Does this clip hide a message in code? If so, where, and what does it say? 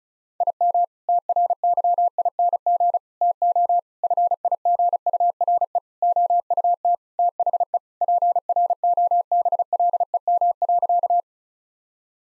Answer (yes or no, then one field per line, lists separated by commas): yes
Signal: Morse code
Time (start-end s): 0.4-11.2 s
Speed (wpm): 36 wpm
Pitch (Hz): 700 Hz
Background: none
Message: IM TRYING TO FIGURE OUT THE PROBLEM.